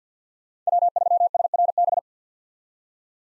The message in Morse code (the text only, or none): W3SRB